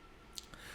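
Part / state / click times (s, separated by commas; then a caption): broken sword accessory into figure sheath / seated / 0.4 s. A broken plastic sword accessory is pushed into the sheath of an S.H. Figuarts Dragonball Xenoverse 2 Trunks action figure. After a struggle, it snaps in with a sharp click at 0.4 s, followed by a softer click at 0.5 s. The broken sword is seated in the sheath.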